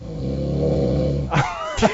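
An adult sleeper snoring loudly and regularly, a low, rough, engine-like rumble with a buzzing harmonic drone.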